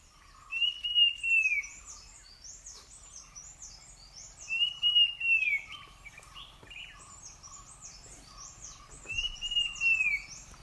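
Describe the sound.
Puff-throated babbler giving a clear whistled call that rises slightly then falls, repeated about every four seconds, over a busy chorus of high chirping insects or birds.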